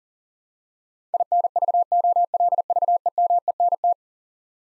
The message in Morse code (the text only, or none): INVOLVEMENT